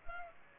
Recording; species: mosquito wingbeat signal from an infrared sensor; Culex pipiens